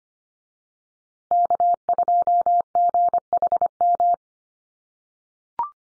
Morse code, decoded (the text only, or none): K2GHM